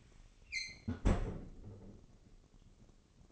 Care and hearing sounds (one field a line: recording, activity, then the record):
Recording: daily activity, microphone in the room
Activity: close fridge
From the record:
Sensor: 4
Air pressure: 996.0 hPa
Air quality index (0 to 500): 61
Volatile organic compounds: 2 ppm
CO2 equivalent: 1090 ppm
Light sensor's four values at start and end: 15/41/15/17 and 16/43/16/18